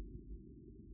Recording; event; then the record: neck accelerometer signal played as sound; no cough (speech, laughter, throat clearing or background)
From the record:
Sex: male